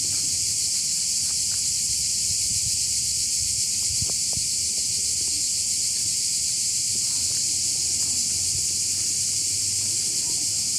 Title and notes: Soundscape of Liqeni Artificial I Tiranes. Recorded by Uğur Aslan